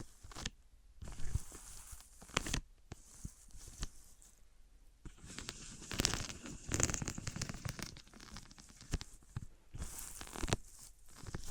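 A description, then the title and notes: Objects are handled, rubbed, squeezed and knocked together in bursts of crackly, scraping noise. Dense rustling and squeaky friction sounds come in clusters with short quiet gaps, busiest from about five to eight seconds and again near the end. ASMR Which One is MORE Tingly Wood vs Cork, Sponge vs Foam, Glass vs Plastic etc (No Talking).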